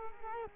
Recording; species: mosquito wingbeat signal from an infrared sensor; Culex quinquefasciatus